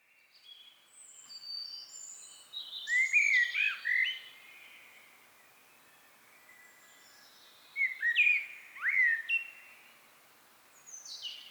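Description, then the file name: Common blackbird singing two mellow, flute-like warbled phrases several seconds apart, mixed with high, thin twittering. "Turdus merula"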